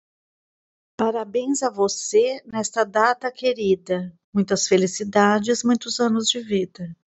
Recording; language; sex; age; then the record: short text; Brazilian Portuguese; female; 50 to 59 years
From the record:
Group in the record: control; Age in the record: 52 years